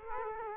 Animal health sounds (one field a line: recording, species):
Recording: mosquito wingbeat signal from an infrared sensor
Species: Culex quinquefasciatus